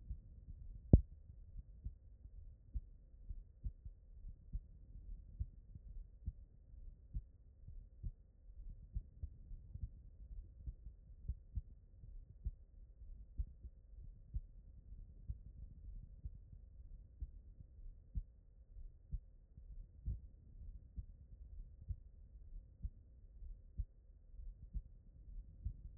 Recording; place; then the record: heart sounds by stethoscope; pulmonary valve (PV)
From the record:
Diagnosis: non-HFrEF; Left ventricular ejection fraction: 59%